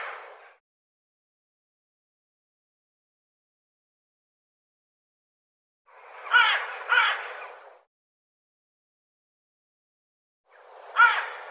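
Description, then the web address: Bird giving harsh, hoarse caw-like calls: a doubled call in the middle, with single calls at the start and end, separated by pauses of several seconds. "cianscape birddata Deverinetal"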